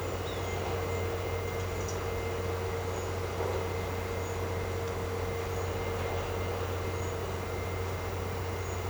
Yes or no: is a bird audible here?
no